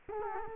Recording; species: mosquito wingbeat signal from an infrared sensor; Culex quinquefasciatus